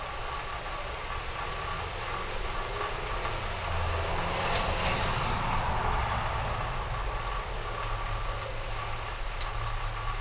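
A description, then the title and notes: A slow rolling thunderstorm rumbles without a break, a deep, dense roar weighted toward the low end. The rumble swells slightly around the middle before easing back, with a faint hiss and a few light ticks above it. Slow rolling thunderstorm in the East Texas region.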